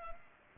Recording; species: mosquito wingbeat signal from an infrared sensor; Culex pipiens